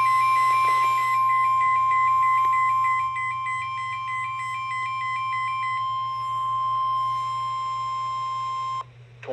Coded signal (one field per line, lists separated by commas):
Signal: Emergency Alert System (SAME) tones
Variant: 1050 Hz attention tone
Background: speech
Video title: Tornado Watch Number 51 EAS 2